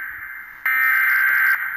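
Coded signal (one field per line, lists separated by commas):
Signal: Emergency Alert System (SAME) tones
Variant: header bursts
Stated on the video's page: Fictional EAS scenario about a spreading disease.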